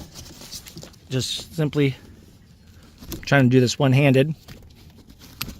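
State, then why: Released. A rear middle (third) seat belt's detachable anchor latch is unlatched from its buckle one-handed in a 2026 Honda HR-V Sport. Someone talks, and a sharp click rings out at 5.4 s as the latch releases.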